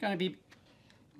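A small one-way keyed plug-in part is tried in its mating socket, first one way and then from the other end. Someone talks briefly at the start, followed by faint soft taps around 0.5 s and 0.9 s. The part does not latch and just sits loose, flapping around, so nothing has clicked into place.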